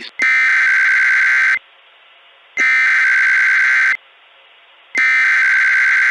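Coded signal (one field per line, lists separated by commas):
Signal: Emergency Alert System (SAME) tones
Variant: header bursts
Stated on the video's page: Simulated EAS scenario about heat in Arizona, remastered preview.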